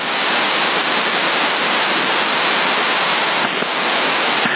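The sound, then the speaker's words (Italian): Heavy rain pours down with strong wind moving the trees, in a dense, steady hiss that stays loud and unbroken from start to finish, with no voices over it. “Infatti, sta piovendo parecchio, sta piovendo.”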